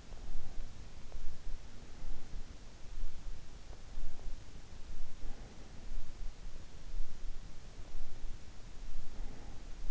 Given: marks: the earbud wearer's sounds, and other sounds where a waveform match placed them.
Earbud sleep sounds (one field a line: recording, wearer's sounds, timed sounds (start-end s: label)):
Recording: sounds in sleep by an in-ear microphone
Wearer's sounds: breath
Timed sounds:
0.00-2.62 s: breath
3.51-6.32 s: breath
7.57-9.76 s: breath